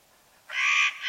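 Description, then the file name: Spotted nutcracker giving a single harsh, rasping call lasting about half a second after a quiet start. "Notkraka"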